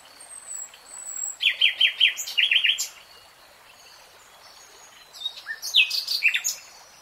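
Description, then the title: Nightingale song: a high thin whistle, then fast rattling chuckles and buzzy trilled notes in two bursts, with a quiet pause between phrases. Nightingale singing, in real time. "[Tiếng chim hót] REALTIME Nightingale Singing"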